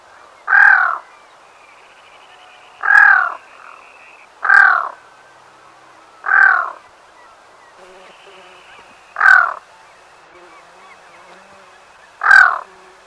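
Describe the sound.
Black-throated loon calling with rough croaks, six spaced about one and a half to three seconds apart, with a faint steady whine in the background.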